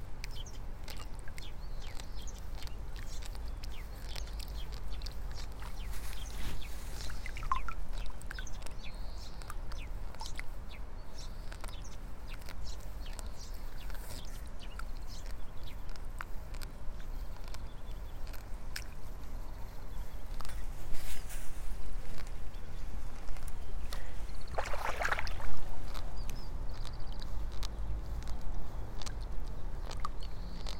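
Seedlings are pulled one by one from a flooded nursery bed, with a steady low rumble underneath and frequent small clicks, splashes and ticks throughout. Short bird calls come through now and then, and a brief louder burst stands out around 25 seconds.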